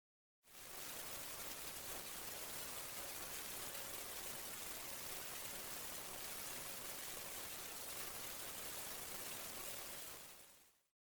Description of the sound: Atonal Tinnitus NOISE Electric shock.